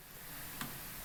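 A torque wrench set to 4 N·m tightens the valve stem nut of a TPMS valve stem in a wheel rim, the value listed on the monitor itself. Over a steady low hiss, the wrench gives a single short, sharp click at 0.6 s. The nut is tightened to spec.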